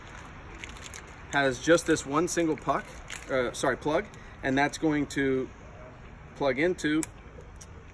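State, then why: Seated. Someone talks while the single plug on a wiring harness is pushed into the socket on a Zero Off ECI puck sensor unit for a boat. A short click at 7.6 seconds marks the plug latching, and the puck and harness are joined and seated.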